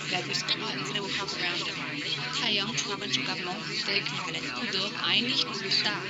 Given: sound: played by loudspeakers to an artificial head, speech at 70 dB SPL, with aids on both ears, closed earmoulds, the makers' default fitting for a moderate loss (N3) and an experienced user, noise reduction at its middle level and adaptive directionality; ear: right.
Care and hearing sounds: speech test signal (ISTS) in cocktail-party noise; -6 dB; on the right (90 degrees)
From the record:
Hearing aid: class 1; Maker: A

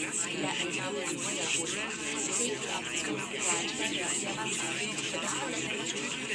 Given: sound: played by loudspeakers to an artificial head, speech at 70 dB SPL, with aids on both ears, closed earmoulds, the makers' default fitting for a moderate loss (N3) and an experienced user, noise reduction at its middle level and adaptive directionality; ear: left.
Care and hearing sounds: speech test signal (ISTS) in cocktail-party noise; -6 dB; on the right (90 degrees)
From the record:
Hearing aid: class 2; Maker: E

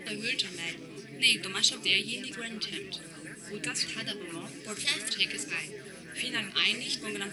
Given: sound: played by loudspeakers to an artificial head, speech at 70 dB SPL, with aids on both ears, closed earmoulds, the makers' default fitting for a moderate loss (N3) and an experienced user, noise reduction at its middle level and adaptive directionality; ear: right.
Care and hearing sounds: speech test signal (ISTS) in cocktail-party noise; -3 dB; in front (0 degrees)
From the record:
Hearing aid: class 2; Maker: J

